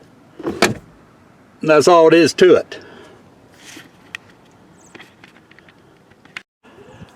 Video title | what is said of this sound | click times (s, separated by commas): 2008 Chevy HHR - Air Filter & Cabin Filter Replacement | Then this just comes up and it'll latch itself. | 0.6 s